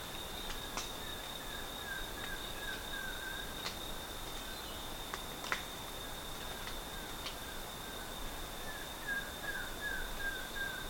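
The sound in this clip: Bird giving faint strings of brief falling notes, repeated in short runs, while a constant high-pitched tone and scattered clicks sound throughout.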